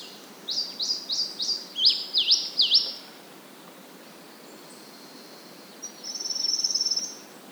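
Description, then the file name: Marsh tit calls: about seven sharp, down-slurred chip notes in quick succession, a pause, then a thin high trill. Faint background hiss. "Poecile palustris"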